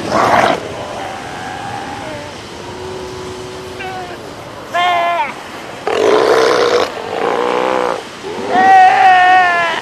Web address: earth naturelibrary. south american sea lion